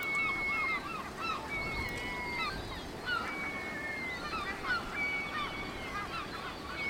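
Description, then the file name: Seabirds giving drawn-out, slightly falling wailing calls and shorter yelps, several birds overlapping continuously, over background noise. Seabirds at Cap Fréhel. "oiseaux marins au cap frehel"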